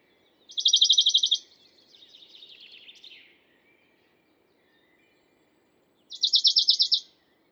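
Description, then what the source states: Western Bonelli's Warbler gives two quick, high, evenly pulsed trills several seconds apart, with a softer, lower twittering phrase just after the first. Much simpler song, just a little vibrato; 2 June 2019 at La Carrière, Lesches-en-Diois, same tree as a chaffinch minutes or hours apart; stereo recording, MixPre-3 recorder with MKH40 microphone.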